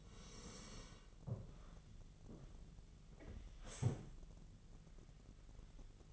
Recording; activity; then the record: daily activity, microphone in the room; sit down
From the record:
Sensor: 4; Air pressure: 1001.2 hPa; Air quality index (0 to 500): 181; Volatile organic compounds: 2 ppm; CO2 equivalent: 1294 ppm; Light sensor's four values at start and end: 14/32/13/13 and 14/32/13/13